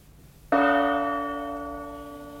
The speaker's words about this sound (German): Wir geben Ihnen jetzt die genaue Zeit. Mit dem Gongschlag ist es 17.30 Uhr.